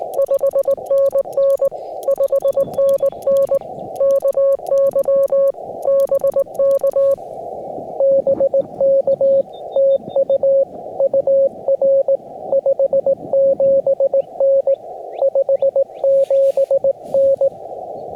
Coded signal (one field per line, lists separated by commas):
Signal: Morse code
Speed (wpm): 20 wpm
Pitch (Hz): 550 Hz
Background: music, radio noise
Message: 5NN 5NN KY BK BK TU UR 57N 57N